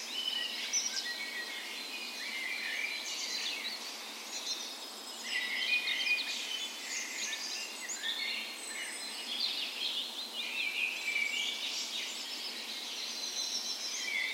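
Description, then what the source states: Birds (dawn chorus): a continuous chorus of several overlapping singers, varied high chirps, whistles and trills rising and falling in loudness, over a low steady hiss. Dawn chorus in spring on the morning of 17 May, Norway's National Day, in a park west in Bergen, Norway; Sony PCM A10 recorder with LOM micro Usi mics as tree ears.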